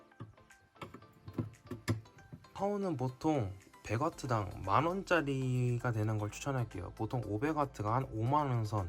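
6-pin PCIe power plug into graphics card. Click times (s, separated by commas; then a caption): 1.9 s. A 6-pin PCIe power cable is pushed into a graphics card's power socket until its latch catches, with a click at 1.9 s. Several soft clicks and taps come before it, and then someone talks over background music for the rest of the clip. The connector is seated.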